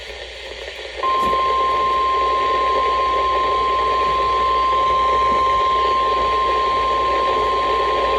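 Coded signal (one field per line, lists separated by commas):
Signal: Emergency Alert System (SAME) tones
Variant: 1050 Hz attention tone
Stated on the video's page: Weekly NOAA weather radio tests from Jesup, Georgia on 162.450 MHz and Savannah, Georgia on 162.400 MHz.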